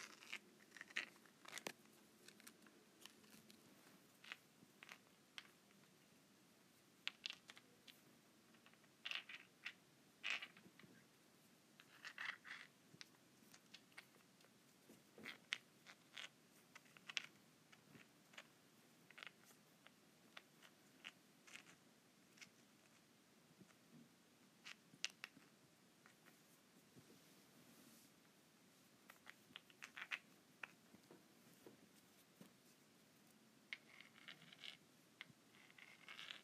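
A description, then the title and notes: Rocks are rubbed and knocked together in an irregular series of short clicks, scrapes and taps that run through the whole 36 seconds. The hits are bright and uneven in spacing, with a few sharper, louder clacks near 1, 9, 12 and 30 seconds over a quiet low rumble. ASMR Rock Rubbing.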